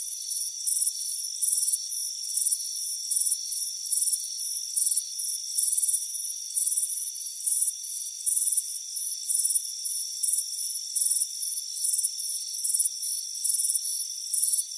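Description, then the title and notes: Crickets chirping in a dense chorus: high, shrill pulsed bursts in quick succession over steady high insect tones. Crickets chirping on a warm afternoon on a front porch. "Soothing Crickets Chirping Sound. It's a warm afternoon as you relax in a hammock on the front porch. Relax and fall asleep to the soothing sound of chirping crickets"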